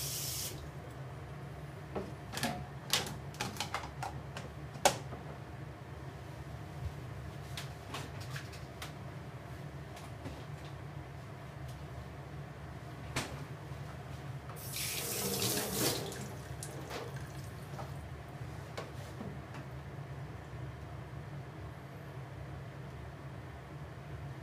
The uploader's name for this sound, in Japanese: 料理の音